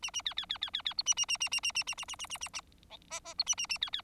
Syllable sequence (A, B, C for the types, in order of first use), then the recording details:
A A B B B B B B C A A A A A A A A A A A A A A D E E C A A A B B. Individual Bird4